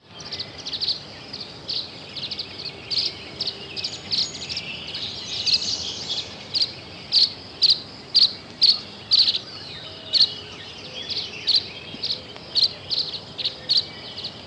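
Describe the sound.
Tree swallow giving short, high chirps in a long series, with a faint hiss of background noise throughout.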